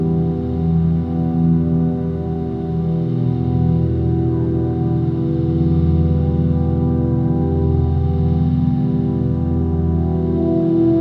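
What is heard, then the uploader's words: Sustained tones and vibrations hum without a break, a thick stack of low droning pitches layered together with a faint, softer shimmer above. The drone holds a steady level throughout, with slight wavering and brief low dips around three, nine and eleven seconds. Chakra friendly tones and vibrations.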